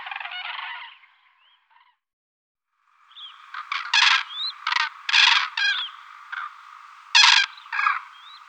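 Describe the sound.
Crane calls, a burst of rolling notes, a pause, then loud rattling trumpets mixed with thin rising whistles.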